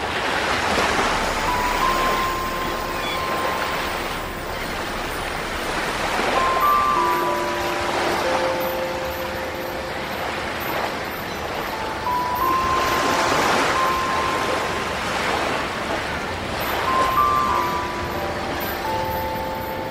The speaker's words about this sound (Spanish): El sonido del mar y las aves dan el indicio del comienzo de nuestra historia.